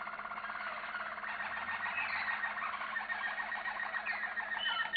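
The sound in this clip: Canary singing one long, unbroken rolling trill, with a sharp high note at the end.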